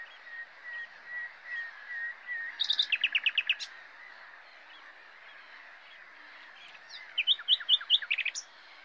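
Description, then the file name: Common nightingale singing two phrases of rapid repeated notes separated by a pause. "Luscinia megarhynchos"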